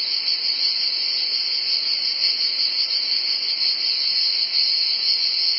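A shrill, unbroken cicada drone that holds the same pitch from start to finish.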